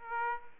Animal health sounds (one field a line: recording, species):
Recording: mosquito wingbeat signal from an infrared sensor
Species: Aedes aegypti